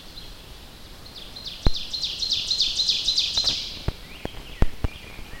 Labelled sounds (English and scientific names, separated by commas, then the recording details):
Ovenbird (Seiurus aurocapilla) song
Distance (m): 35 m
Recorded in boreal forest in Alberta, Canada, on 10 June 2016 at 07:48
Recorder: SongMeter 3, array SBT-3-39
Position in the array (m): 324 m, 145 m
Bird 19